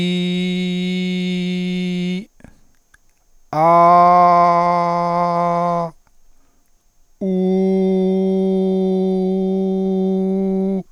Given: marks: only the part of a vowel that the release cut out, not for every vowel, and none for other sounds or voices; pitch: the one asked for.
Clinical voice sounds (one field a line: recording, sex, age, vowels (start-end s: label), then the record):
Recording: sustained vowels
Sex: male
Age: 50 to 59 years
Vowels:
0.00-1.93 s: vowel /i/, normal pitch
3.73-5.67 s: vowel /a/, normal pitch
8.16-10.13 s: vowel /u/, normal pitch
From the record:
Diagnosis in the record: healthy voice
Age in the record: 50 years